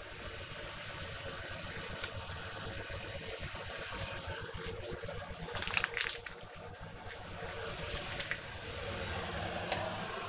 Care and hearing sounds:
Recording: household activities, microphone on the right wrist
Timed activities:
0.00-10.29 s: making tea

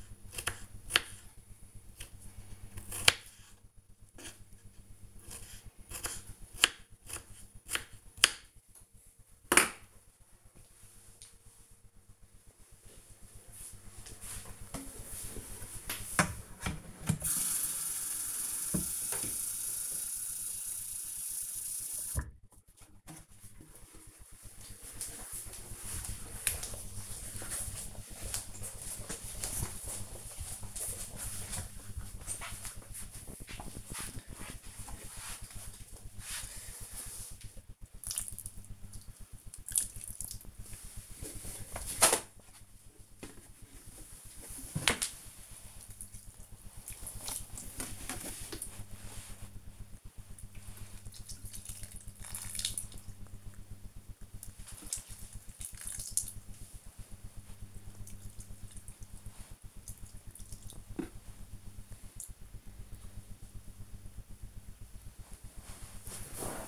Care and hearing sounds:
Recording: household activities, microphone on the right wrist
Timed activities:
0.00-9.32 s: cutting vegetables
13.35-66.68 s: watering plant

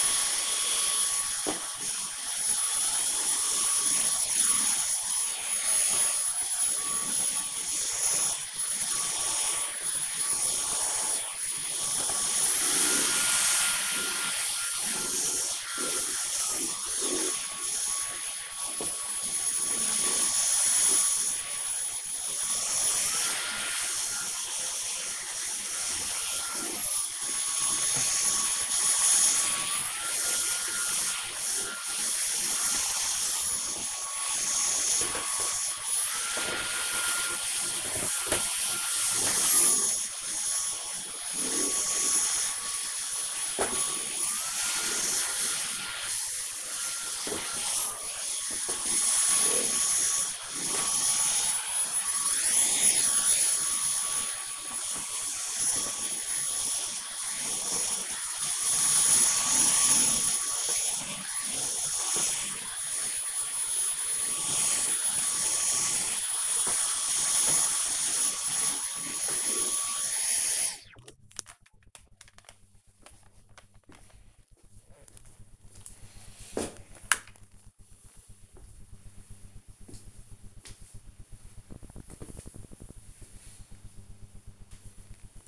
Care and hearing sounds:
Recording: household activities, microphone on the right wrist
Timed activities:
0.00-70.80 s: vacuum cleaning

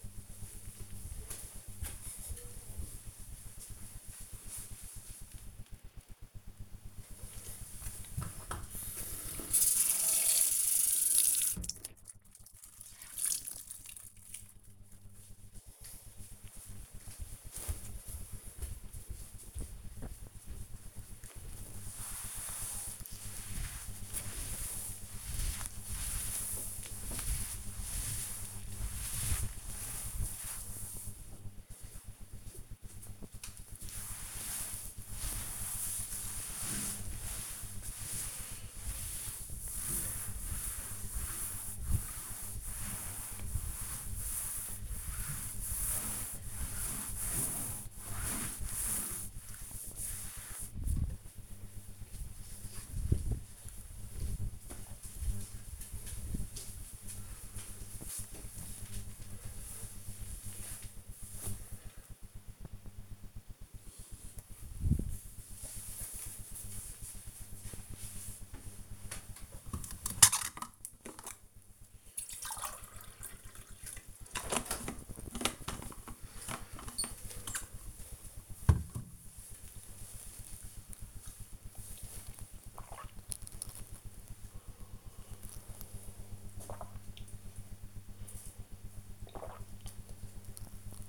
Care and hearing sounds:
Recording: household activities, microphone on the right wrist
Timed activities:
6.45-50.81 s: cleaning table
68.94-91.09 s: drinking

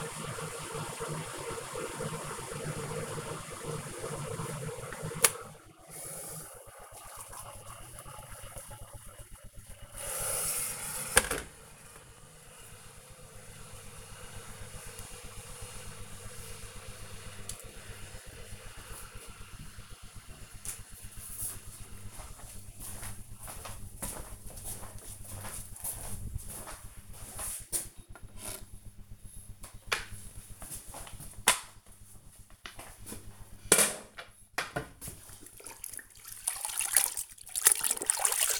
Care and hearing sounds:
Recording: household activities, microphone on the right wrist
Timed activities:
0.00-18.35 s: making tea
29.44-38.60 s: floor cleaning

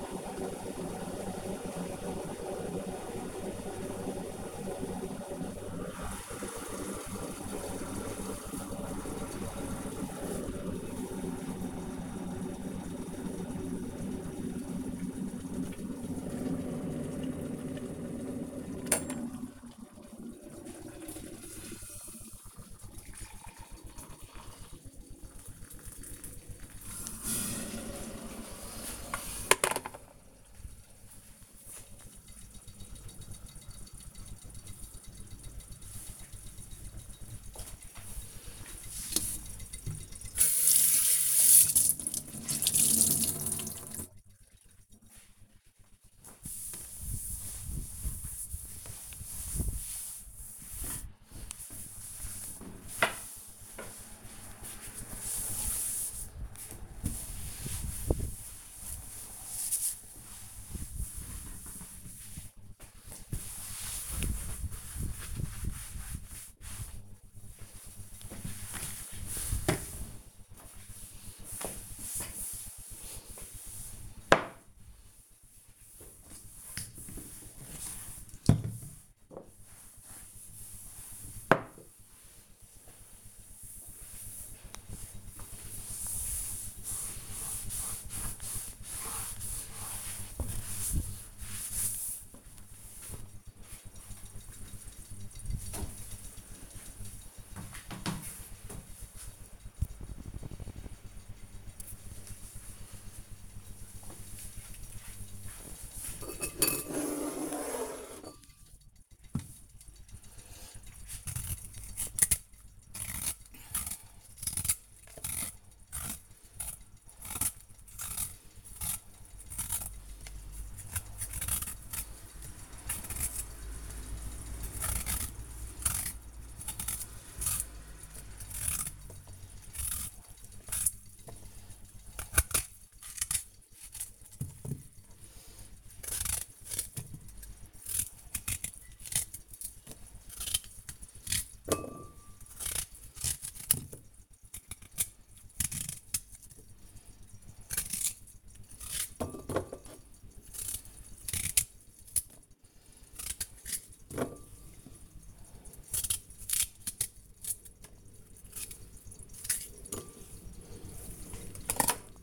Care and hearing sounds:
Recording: household activities, microphone on the right wrist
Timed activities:
0.00-34.20 s: making tea
40.25-93.69 s: cleaning table
107.78-161.21 s: cutting vegetables

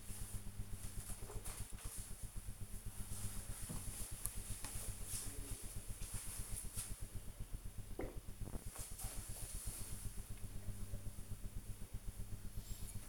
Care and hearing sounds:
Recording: household activities, microphone on the right wrist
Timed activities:
0.00-13.09 s: drinking

